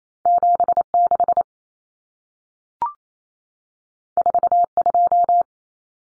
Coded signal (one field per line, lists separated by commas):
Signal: Morse code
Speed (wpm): 28 wpm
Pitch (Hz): 700 Hz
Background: none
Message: 76 42